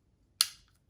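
A rechargeable battery is pushed back into the plastic housing of an Arlo Ultra wire-free security camera. It latches with a single sharp click at 0.4 s that rings briefly and fades. The battery is seated in the camera body.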